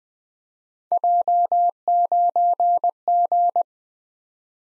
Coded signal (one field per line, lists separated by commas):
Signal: Morse code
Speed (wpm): 20 wpm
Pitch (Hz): 700 Hz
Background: none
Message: J9G